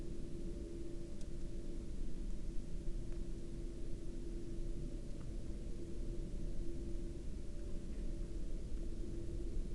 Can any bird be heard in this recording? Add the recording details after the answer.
no. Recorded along the Dalton Highway, Alaska, on 4 April 2019 at 00:08. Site 07